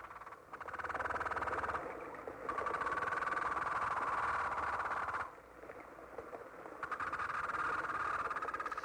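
Meagre croaking: dense, rapid, grating pulse trains in long bouts separated by brief pauses.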